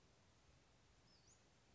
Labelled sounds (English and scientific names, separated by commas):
Western Flycatcher (Empidonax difficilis)